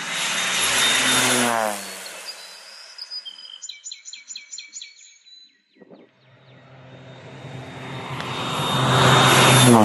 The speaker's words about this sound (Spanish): Ya viene la avioneta que hace ya 10 minutos está pasando. Esta es la tercera pasada que va a hacer. Vamos a ver a qué se anima ahora. Recién abrió encima de las cabezas.